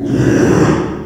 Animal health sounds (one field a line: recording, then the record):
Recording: squeal of a Yucatan mini pig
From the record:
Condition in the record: after surgery on the right vocal fold (resection and tissue-engineered implant)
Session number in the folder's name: 4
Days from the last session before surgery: 42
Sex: male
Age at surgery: 12 weeks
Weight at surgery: 13 kg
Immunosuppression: cyclosporine, prednisolone